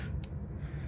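A new small plastic retaining clip is pressed by hand into the stud hole of the camshaft pulley snout on a 2007 Grand Prix GT during an S1X cam build; once the belt is on, the clip holds the pulley tight enough for a Torx bit to tighten everything down. Over a steady low rumble, a single sharp, brief broadband snap is heard at 0.2 s as the clip pops in and seats.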